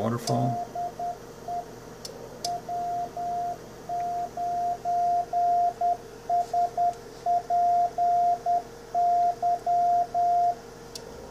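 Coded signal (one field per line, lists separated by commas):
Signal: Morse code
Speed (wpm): 10 wpm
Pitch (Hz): 700 Hz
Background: speech, radio noise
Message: DE W9SPY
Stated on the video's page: Morse sent with an MFJ-464 CW keyer/reader.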